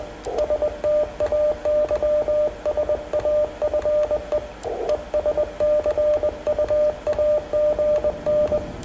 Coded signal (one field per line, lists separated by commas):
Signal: Morse code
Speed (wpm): 22 wpm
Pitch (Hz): 590 Hz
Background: radio noise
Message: STAY SAFE ES CUAGN